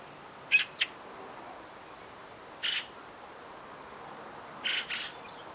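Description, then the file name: Eurasian magpie calls: harsh, noisy chack notes, a double note first, then single and doubled rasps about two seconds apart, over quiet hiss. "Pica pica"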